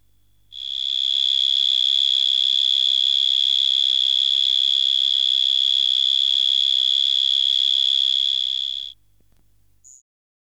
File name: Bio Acoustica. Gryllotalpa gryllotalpa